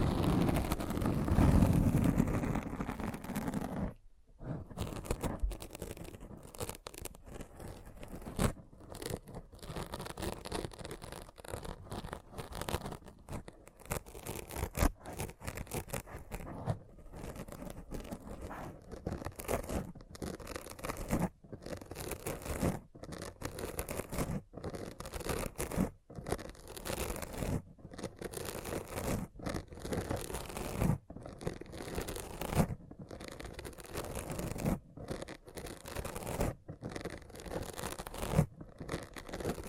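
A thorough scratching, opening with about four seconds of low rumbling before a sudden break. Then comes a dense, continuous rasping scrape that runs to the end, broken by frequent short silences every second or two, with rough, uneven strokes throughout.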